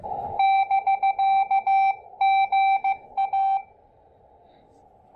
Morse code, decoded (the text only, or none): <BK> GA